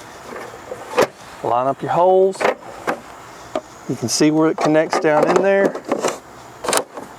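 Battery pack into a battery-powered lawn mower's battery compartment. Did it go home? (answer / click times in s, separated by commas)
yes / 6.7 s, 6.8 s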